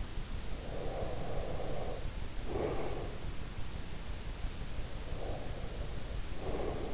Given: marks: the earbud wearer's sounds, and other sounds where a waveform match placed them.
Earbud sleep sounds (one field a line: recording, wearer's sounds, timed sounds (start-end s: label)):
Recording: sounds in sleep by an in-ear microphone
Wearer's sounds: breath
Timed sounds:
0.46-3.20 s: breath
5.00-6.94 s: breath